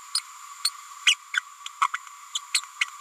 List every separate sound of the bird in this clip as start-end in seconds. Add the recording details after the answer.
0.14-0.20, 0.64-0.70, 1.06-1.15, 1.34-1.40, 1.81-1.87, 1.93-1.97, 2.35-2.39, 2.81-2.85. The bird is a female. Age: 30 days. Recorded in a nest box in Venezuela. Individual 17B102A6